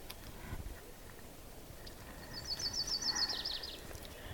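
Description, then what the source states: Yellow-rumped Warbler song, a brief high trill of quick repeated notes, over soft background noise. Singing on a bog mat with dwarfed black spruce, cedar and Labrador tea, mid-May, cold late spring with ice on water; usually the earliest warbler back; very quiet day.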